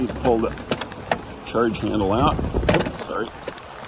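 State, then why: Not seated. After charging a Rivian R1T, an EV charging handle is being handled to go back into the charging station's built-in adapter dock while someone talks. A few short knocks and taps are heard, the loudest at about 1.1 s, but nothing has seated or clicked yet.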